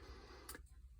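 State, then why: Seated. A Buck Knives 284 Bantam folding pocket knife with a glass-reinforced nylon handle has its blade opened against a little spring tension at the lockback, over a steady low background hum. A short, sharp click at 0.5 s marks the lockback locking the blade open and seated in place.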